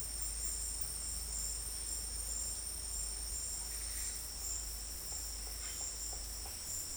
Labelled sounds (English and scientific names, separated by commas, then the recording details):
none
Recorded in secondary vegetation near Puerto Asís, Putumayo, Colombia, on 22 December 2024 at 13:00
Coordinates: 0.484, -76.319
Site GP06